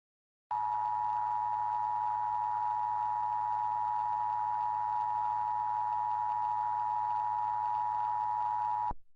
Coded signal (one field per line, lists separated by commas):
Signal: Emergency Alert System (SAME) tones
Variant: 853 and 960 Hz attention tone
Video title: EAS Scenario 6: Kameron EXE